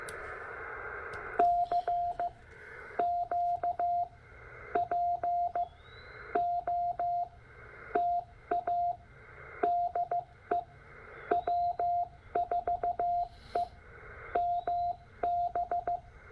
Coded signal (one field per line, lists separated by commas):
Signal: Morse code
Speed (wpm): 15 wpm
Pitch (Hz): 700 Hz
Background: radio noise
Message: CQ POTA DE W4EMB